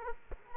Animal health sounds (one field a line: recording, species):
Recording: mosquito wingbeat signal from an infrared sensor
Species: Culex quinquefasciatus